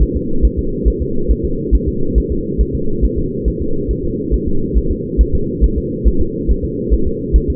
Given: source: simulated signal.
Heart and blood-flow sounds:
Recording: fetal heart sounds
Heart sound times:
0.03 s: S1
0.16 s: S2
0.45 s: S1
0.59 s: S2
0.88 s: S1
1.02 s: S2
1.31 s: S1
1.45 s: S2
1.75 s: S1
1.88 s: S2
2.18 s: S1
2.32 s: S2
2.61 s: S1
2.75 s: S2
3.05 s: S1
3.18 s: S2
3.48 s: S1
3.62 s: S2
3.91 s: S1
4.05 s: S2
4.34 s: S1
4.48 s: S2
4.78 s: S1
4.91 s: S2
5.21 s: S1
5.35 s: S2
5.64 s: S1
5.78 s: S2
6.08 s: S1
6.21 s: S2
6.51 s: S1
6.65 s: S2
6.94 s: S1
7.07 s: S2
7.36 s: S1
7.50 s: S2
From the record:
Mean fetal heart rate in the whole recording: 140 bpm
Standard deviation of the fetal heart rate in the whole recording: 2 bpm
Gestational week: 34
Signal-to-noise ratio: -8.1 dB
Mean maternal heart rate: 72 bpm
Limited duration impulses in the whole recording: absent

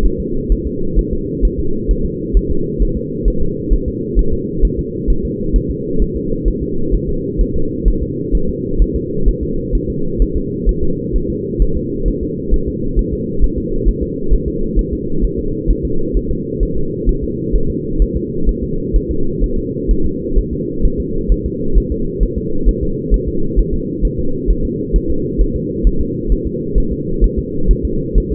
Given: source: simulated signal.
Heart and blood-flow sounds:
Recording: fetal heart sounds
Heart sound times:
0.05 s: S1
0.20 s: S2
0.52 s: S1
0.67 s: S2
0.99 s: S1
1.13 s: S2
1.45 s: S1
1.60 s: S2
1.91 s: S1
2.06 s: S2
2.37 s: S1
2.51 s: S2
2.82 s: S1
2.97 s: S2
3.28 s: S1
3.42 s: S2
3.73 s: S1
3.88 s: S2
4.19 s: S1
4.33 s: S2
4.65 s: S1
4.79 s: S2
5.10 s: S1
5.25 s: S2
5.56 s: S1
5.70 s: S2
6.02 s: S1
6.16 s: S2
6.48 s: S1
6.63 s: S2
6.94 s: S1
7.09 s: S2
7.41 s: S1
7.56 s: S2
7.88 s: S1
8.03 s: S2
8.35 s: S1
8.49 s: S2
8.82 s: S1
8.96 s: S2
9.28 s: S1
9.43 s: S2
9.75 s: S1
9.90 s: S2
10.22 s: S1
10.37 s: S2
10.69 s: S1
10.83 s: S2
11.16 s: S1
11.30 s: S2
11.62 s: S1
11.77 s: S2
12.08 s: S1
12.23 s: S2
12.54 s: S1
12.68 s: S2
12.99 s: S1
13.13 s: S2
13.44 s: S1
13.58 s: S2
13.88 s: S1
14.03 s: S2
14.33 s: S1
14.48 s: S2
14.79 s: S1
14.93 s: S2
15.24 s: S1
15.39 s: S2
15.70 s: S1
15.85 s: S2
16.17 s: S1
16.31 s: S2
16.63 s: S1
16.77 s: S2
17.09 s: S1
17.24 s: S2
17.55 s: S1
17.70 s: S2
18.02 s: S1
18.16 s: S2
18.49 s: S1
18.63 s: S2
18.96 s: S1
19.11 s: S2
19.44 s: S1
19.58 s: S2
19.91 s: S1
20.06 s: S2
20.38 s: S1
20.53 s: S2
20.85 s: S1
21.00 s: S2
21.32 s: S1
21.46 s: S2
21.78 s: S1
21.92 s: S2
22.23 s: S1
22.38 s: S2
22.69 s: S1
22.83 s: S2
23.14 s: S1
23.28 s: S2
23.59 s: S1
23.74 s: S2
24.05 s: S1
24.19 s: S2
24.50 s: S1
24.65 s: S2
24.96 s: S1
25.10 s: S2
25.41 s: S1
25.56 s: S2
25.87 s: S1
26.01 s: S2
26.32 s: S1
26.47 s: S2
26.78 s: S1
26.92 s: S2
27.24 s: S1
27.39 s: S2
27.71 s: S1
27.85 s: S2
28.18 s: S1
28.32 s: S2
From the record:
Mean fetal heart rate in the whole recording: 130 bpm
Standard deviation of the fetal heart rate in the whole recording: 2 bpm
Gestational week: 36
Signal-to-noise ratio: -8.1 dB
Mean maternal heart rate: 72 bpm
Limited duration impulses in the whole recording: absent

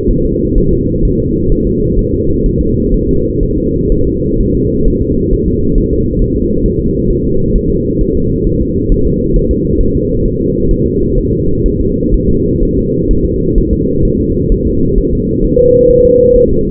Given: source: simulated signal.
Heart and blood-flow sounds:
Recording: fetal heart sounds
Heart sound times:
0.11 s: S1
0.25 s: S2
0.58 s: S1
0.73 s: S2
1.05 s: S1
1.20 s: S2
1.52 s: S1
1.67 s: S2
1.99 s: S1
2.14 s: S2
2.46 s: S1
2.61 s: S2
2.94 s: S1
3.09 s: S2
3.43 s: S1
3.58 s: S2
3.92 s: S1
4.07 s: S2
4.41 s: S1
4.55 s: S2
4.88 s: S1
5.02 s: S2
5.34 s: S1
5.48 s: S2
5.78 s: S1
5.93 s: S2
6.22 s: S1
6.37 s: S2
6.66 s: S1
6.80 s: S2
7.10 s: S1
7.25 s: S2
7.56 s: S1
7.70 s: S2
8.01 s: S1
8.16 s: S2
8.47 s: S1
8.62 s: S2
8.92 s: S1
9.07 s: S2
9.36 s: S1
9.51 s: S2
9.81 s: S1
9.95 s: S2
10.25 s: S1
10.40 s: S2
10.71 s: S1
10.86 s: S2
11.18 s: S1
11.33 s: S2
11.66 s: S1
11.80 s: S2
12.14 s: S1
12.29 s: S2
12.63 s: S1
12.77 s: S2
13.11 s: S1
13.26 s: S2
13.58 s: S1
13.73 s: S2
14.05 s: S1
14.20 s: S2
14.52 s: S1
14.67 s: S2
14.98 s: S1
15.13 s: S2
15.44 s: S1
15.59 s: S2
15.91 s: S1
16.05 s: S2
16.36 s: S1
16.51 s: S2
From the record:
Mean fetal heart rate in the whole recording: 130 bpm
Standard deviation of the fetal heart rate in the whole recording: 4 bpm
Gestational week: 38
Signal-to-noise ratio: -15.3 dB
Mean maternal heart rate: 72 bpm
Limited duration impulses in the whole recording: present

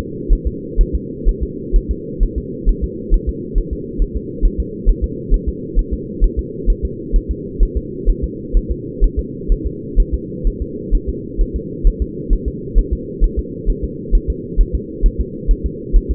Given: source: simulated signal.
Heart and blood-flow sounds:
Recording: fetal heart sounds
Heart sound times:
0.33 s: S1
0.47 s: S2
0.81 s: S1
0.95 s: S2
1.29 s: S1
1.43 s: S2
1.76 s: S1
1.91 s: S2
2.23 s: S1
2.38 s: S2
2.69 s: S1
2.84 s: S2
3.14 s: S1
3.29 s: S2
3.58 s: S1
3.73 s: S2
4.02 s: S1
4.16 s: S2
4.45 s: S1
4.60 s: S2
4.89 s: S1
5.04 s: S2
5.34 s: S1
5.48 s: S2
5.79 s: S1
5.93 s: S2
6.24 s: S1
6.39 s: S2
6.70 s: S1
6.85 s: S2
7.16 s: S1
7.31 s: S2
7.63 s: S1
7.77 s: S2
8.10 s: S1
8.24 s: S2
8.57 s: S1
8.71 s: S2
9.04 s: S1
9.19 s: S2
9.52 s: S1
9.67 s: S2
10.00 s: S1
10.14 s: S2
10.47 s: S1
10.62 s: S2
10.95 s: S1
11.09 s: S2
11.41 s: S1
11.56 s: S2
11.87 s: S1
12.02 s: S2
12.33 s: S1
12.48 s: S2
12.79 s: S1
12.93 s: S2
13.24 s: S1
13.39 s: S2
13.70 s: S1
13.84 s: S2
14.15 s: S1
14.30 s: S2
14.61 s: S1
14.75 s: S2
15.06 s: S1
15.20 s: S2
15.51 s: S1
15.66 s: S2
15.96 s: S1
16.11 s: S2
From the record:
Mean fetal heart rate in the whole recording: 130 bpm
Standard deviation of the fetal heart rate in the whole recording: 4 bpm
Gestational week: 38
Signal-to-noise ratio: -4.1 dB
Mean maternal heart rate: no maternal heart sound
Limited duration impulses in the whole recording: absent

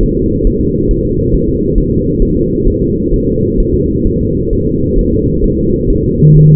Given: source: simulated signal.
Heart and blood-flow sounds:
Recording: fetal heart sounds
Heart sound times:
0.03 s: S1
0.17 s: S2
0.47 s: S1
0.61 s: S2
0.91 s: S1
1.05 s: S2
1.34 s: S1
1.49 s: S2
1.78 s: S1
1.92 s: S2
2.22 s: S1
2.37 s: S2
2.68 s: S1
2.82 s: S2
3.14 s: S1
3.28 s: S2
3.60 s: S1
3.75 s: S2
4.07 s: S1
4.21 s: S2
4.53 s: S1
4.67 s: S2
4.99 s: S1
5.13 s: S2
5.44 s: S1
5.58 s: S2
5.90 s: S1
6.04 s: S2
6.37 s: S1
6.51 s: S2
From the record:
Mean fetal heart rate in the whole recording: 130 bpm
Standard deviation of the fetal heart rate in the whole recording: 4 bpm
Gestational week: 38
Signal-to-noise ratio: -14.7 dB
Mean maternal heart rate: 72 bpm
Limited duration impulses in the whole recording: present

